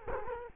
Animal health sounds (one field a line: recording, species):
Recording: mosquito wingbeat signal from an infrared sensor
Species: Culex quinquefasciatus